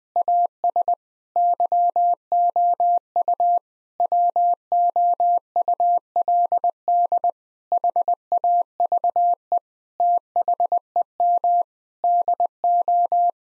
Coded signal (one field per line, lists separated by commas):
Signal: Morse code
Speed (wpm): 21 wpm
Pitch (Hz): 700 Hz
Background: none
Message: AS YOU WOULD HAVE THEM DO